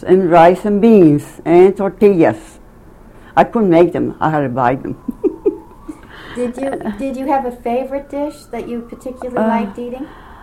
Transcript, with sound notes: And rice and beans and tortillas. I couldn't make them. I had to buy them. (laughs)
Did you have a favorite dish that you particularly liked eating?